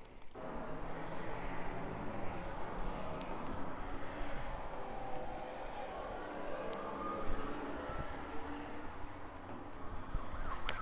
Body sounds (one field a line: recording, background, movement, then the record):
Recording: deep breathing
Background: traffic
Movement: walking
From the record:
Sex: female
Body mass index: 21.8 kg/m2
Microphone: on the chest, facing outward